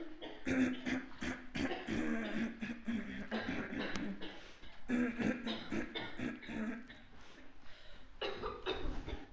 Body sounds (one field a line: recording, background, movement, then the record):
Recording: throat clearing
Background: a bystander coughing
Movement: walking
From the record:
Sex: female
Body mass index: 36.4 kg/m2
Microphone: on the chest, facing the body